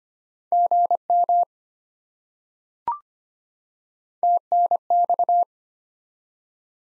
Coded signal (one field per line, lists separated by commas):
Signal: Morse code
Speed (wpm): 25 wpm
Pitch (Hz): 700 Hz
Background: none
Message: GM TNX